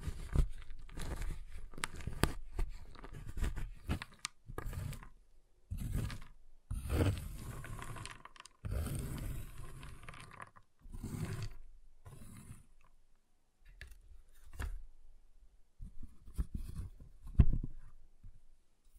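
A giant chocolate bar is tapped, cut and snapped in short bursts of crisp, crackly sound separated by brief silences. Sharp clicks and scraping crunches come irregularly through the first half, then sparser, with a louder snap near seventeen seconds.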